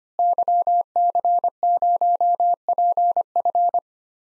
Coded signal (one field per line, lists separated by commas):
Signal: Morse code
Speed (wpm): 25 wpm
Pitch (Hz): 700 Hz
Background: none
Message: YC0PF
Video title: DXCC-100 Call Signs - 5 Character Repeated 2x - 25wpm